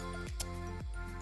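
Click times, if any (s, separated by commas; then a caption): none. The end of a loop band for a 45mm Apple Watch Series 7 is handled and slid toward the band slot on the watch case while music plays in the background, with a brief sharp sound near 0.4 s. Nothing has seated or clicked yet; the clip ends just before the band goes home.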